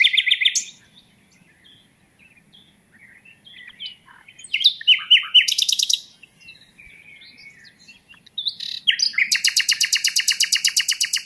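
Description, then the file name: Common nightingale song with varied phrases, descending whistles and short rattles, separated by pauses, finishing with a long, fast series of loud repeated notes. "Luscinia megarhynchos"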